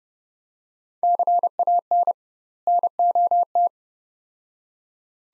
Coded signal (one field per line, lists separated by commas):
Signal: Morse code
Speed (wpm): 30 wpm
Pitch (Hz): 700 Hz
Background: none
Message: CAN NOT